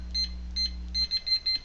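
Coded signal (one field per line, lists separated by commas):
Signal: beep code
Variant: Rosslare keypad reader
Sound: two spaced short high beeps, then a quick run of about four beeps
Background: low electrical hum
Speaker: Three beeps and back to the left and we have changed our programming code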